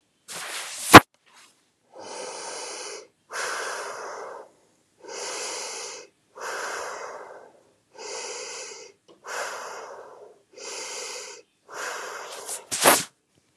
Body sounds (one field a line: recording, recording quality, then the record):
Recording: deep breathing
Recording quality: excellent, no background noise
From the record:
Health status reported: healthy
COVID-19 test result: negative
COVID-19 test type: RT-PCR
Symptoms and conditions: cough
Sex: female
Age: 47 years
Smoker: no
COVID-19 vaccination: both doses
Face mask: not worn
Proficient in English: yes